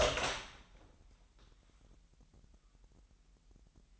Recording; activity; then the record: daily activity, microphone in the room; open door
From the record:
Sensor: 3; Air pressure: 998.3 hPa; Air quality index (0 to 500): 137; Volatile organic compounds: 4 ppm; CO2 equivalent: 1635 ppm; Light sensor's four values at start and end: 15/37/16/16 and 15/38/16/16